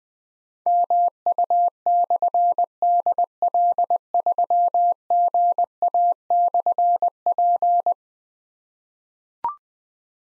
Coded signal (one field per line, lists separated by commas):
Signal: Morse code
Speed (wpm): 20 wpm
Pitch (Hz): 700 Hz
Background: none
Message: MU/DL3GA/P